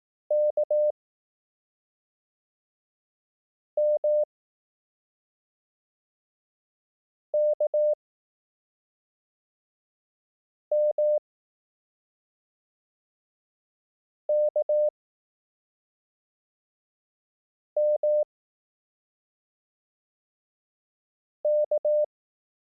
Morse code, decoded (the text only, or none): K M K M K M K